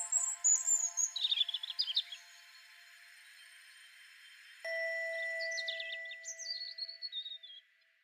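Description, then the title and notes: European Robin giving two short high warbling phrases with a quiet gap between them; a held musical note sounds beneath the second phrase. Recorded in Berlin in October 2023. "Recording of a European Robin in Berlin in October 2023. Lars Lachmann"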